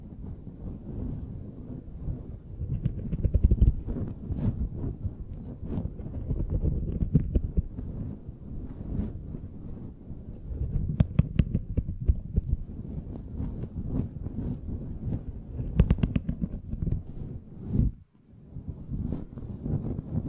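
A microphone is brushed and scratched in a dense, low rumbling scrape, with sharp clicks scattered throughout and a brief dropout near eighteen seconds.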